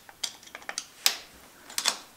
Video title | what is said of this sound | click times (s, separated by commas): How to replace counter shaft seal on a dirt bike KTM 250 sx - dirt bike maintenance. | you hear that click it means that it came in | 1.1 s